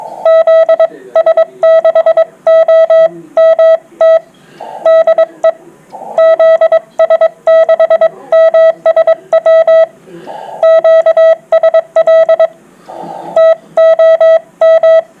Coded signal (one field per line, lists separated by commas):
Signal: Morse code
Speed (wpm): 22 wpm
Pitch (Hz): 650 Hz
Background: none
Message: ZS6OMT DE ZS6MSW QSL TOM